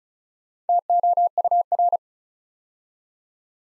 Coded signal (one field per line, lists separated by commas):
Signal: Morse code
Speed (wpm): 36 wpm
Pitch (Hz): 700 Hz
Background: none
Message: TOUR